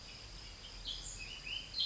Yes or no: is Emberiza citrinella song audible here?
no